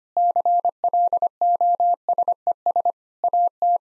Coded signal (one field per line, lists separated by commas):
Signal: Morse code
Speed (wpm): 25 wpm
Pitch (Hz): 700 Hz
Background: none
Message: CLOSES AT